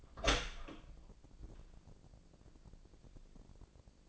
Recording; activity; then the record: daily activity, microphone in the room; open door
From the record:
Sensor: 5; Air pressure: 1012.4 hPa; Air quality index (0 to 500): 158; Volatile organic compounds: 2 ppm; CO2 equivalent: 1082 ppm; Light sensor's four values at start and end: 230/559/234/256 and 232/565/236/259